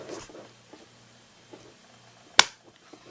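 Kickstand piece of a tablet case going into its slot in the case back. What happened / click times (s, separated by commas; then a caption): The plastic piece snapped into its slot / 2.4 s. The folding kickstand built into a shockproof case for a Samsung Galaxy Tab S7+ is slid back into its slot in the case back. Faint handling rustles lead up to a single sharp click at 2.4 seconds as it clicks into place. The kickstand is seated, though the fit is a little iffy.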